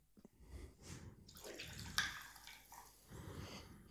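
Gin glugs and splashes as it is poured into a glass in a few uneven bursts, with a bright clink partway through and no talking over it.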